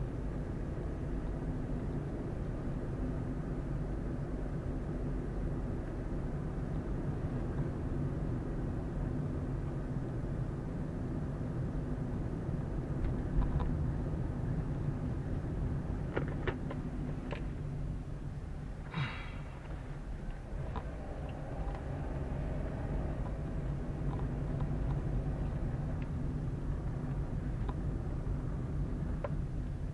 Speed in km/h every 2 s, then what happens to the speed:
29, 31, 31, 31, 30, 29, 28, 26, 19, 10, 14, 19, 22, 23, 11.
0-12 steady at about 30. 12-18 slows to 10. 18-23 speeds up to 22. 26-30 brakes to 11.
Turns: none.